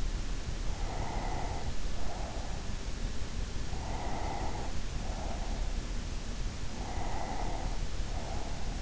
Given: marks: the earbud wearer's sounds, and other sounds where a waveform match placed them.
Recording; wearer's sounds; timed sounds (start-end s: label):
sounds in sleep by an in-ear microphone; breath
0.70-2.85 s: breath
3.79-5.79 s: breath
6.54-8.82 s: breath